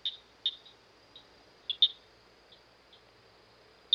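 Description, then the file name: Southern cricket frog giving crisp, high-pitched clicks at irregular intervals, some loud and some softer, against a quiet background. "dan-gibsons-solitudes southern-cricket-frog"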